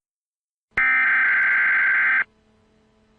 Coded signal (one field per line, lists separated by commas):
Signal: Emergency Alert System (SAME) tones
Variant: header bursts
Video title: Emergency Alert System EAS Tones from 12 Different Countries 5/13/24